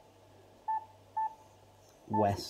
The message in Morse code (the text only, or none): none